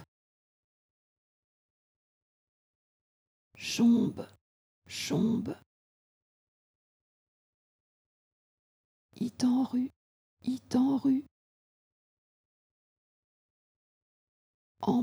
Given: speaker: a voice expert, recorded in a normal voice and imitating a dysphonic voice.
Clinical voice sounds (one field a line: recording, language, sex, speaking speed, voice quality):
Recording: pseudo-word pairs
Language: French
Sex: female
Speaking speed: normal speed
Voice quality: dysphonic voice